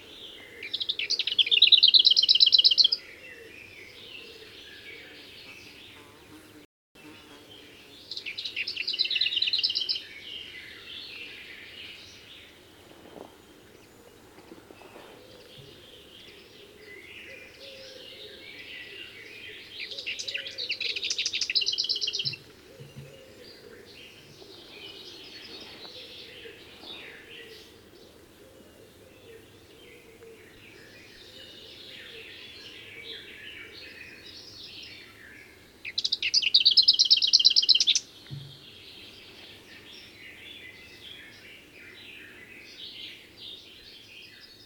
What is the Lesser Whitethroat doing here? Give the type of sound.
song